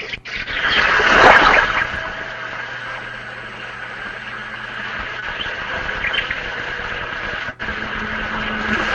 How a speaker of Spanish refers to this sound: Voy a poner música de naturaleza, sonido de mar, voy a poner sonido de pajarito y después voy a explicar por qué el mar tranquiliza. Mira, escucha esto.